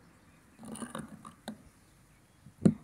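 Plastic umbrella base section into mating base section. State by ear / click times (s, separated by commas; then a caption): not seated / none. One plastic section of a sun umbrella base is handled against its mating section, whose two openings fit over two fins so the pieces twist-lock together. Scraping plastic rubs from about 0.6 to 1.3 s are followed by short sharp knocks at 0.9 s and 1.5 s, then a louder knock at 2.7 s. Nothing has seated yet.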